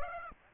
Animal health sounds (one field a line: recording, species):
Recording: mosquito wingbeat signal from an infrared sensor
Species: Aedes aegypti